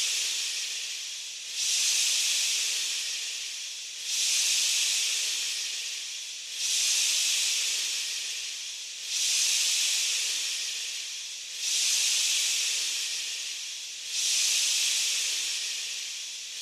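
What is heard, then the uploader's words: A soft, airy shushing sound repeats in a steady cycle, swelling roughly every two and a half seconds and then easing off. The hiss is bright and breathy, sitting high with little low rumble, and never fully stops between surges. Baby Shushing Sound. This cyclical shushing sound.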